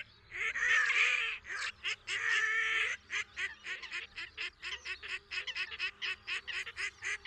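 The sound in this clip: Red-necked grebe letting out long, loud grating wails, then breaking into a rapid chatter of short, clipped notes that continues to the end.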